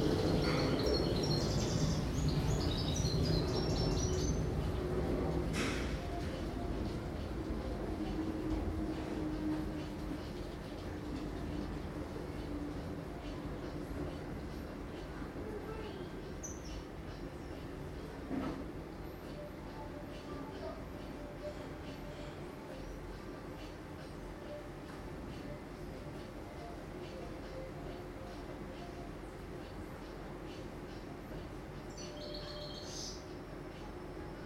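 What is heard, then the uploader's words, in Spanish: A steady low rumble of neighborhood sound, with murmured voices and a radio-like drone filling the background throughout. Bird chirps appear early, around the first few seconds and again near the end, with a few sharp clinks scattered between. Sounds from inside the buildings.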